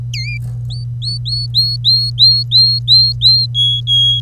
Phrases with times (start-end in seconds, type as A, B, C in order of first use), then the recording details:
0.13-0.38 A, 0.70-3.46 B, 3.54-4.20 C. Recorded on 25 April 2018 at 07:39. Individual llb3